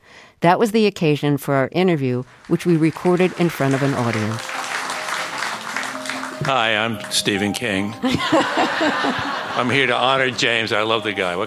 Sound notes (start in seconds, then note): 4.7 applause; 8.0 laughter